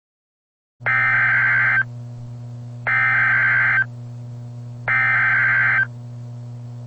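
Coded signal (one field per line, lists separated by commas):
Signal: Emergency Alert System (SAME) tones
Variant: header bursts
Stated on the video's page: Parody EAS tornado warning based on a film, fictional.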